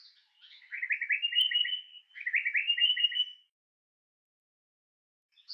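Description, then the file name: Flycatcher song of two fast, scratchy trilled phrases after a brief high note, then silence before another high note begins. "moucherolle - bandrame"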